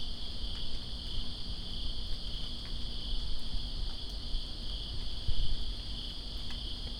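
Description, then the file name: Cricket chorus trills steadily at a high pitch, partly covered by heavier low rumbling and gusty rain noise with occasional drips. Crickets recorded in rain in Greensboro on 2 September 2017. "Greensboro Crickets And Rain-2017-09-02"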